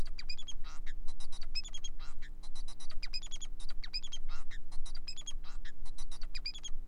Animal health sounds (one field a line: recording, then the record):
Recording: song of a male Bengalese finch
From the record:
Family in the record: son of father 4